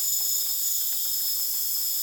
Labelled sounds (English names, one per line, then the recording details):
none
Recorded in dense forest near Puerto Asís, Putumayo, Colombia, on 24 June 2025 at 20:00
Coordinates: 0.484, -76.325
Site H65